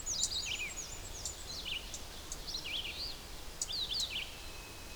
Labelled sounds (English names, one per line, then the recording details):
Red-eyed Vireo song
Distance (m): 60 m
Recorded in boreal forest in Alberta, Canada, on 6 June 2016 at 06:55
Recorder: SongMeter 3, array SBT-3-51
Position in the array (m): 17 m, 90 m